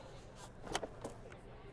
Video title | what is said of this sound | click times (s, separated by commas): Britax Advocate Clicktight Convertible Car Seat Forward Facing | we're just gonna listen for that click and so | 0.8 s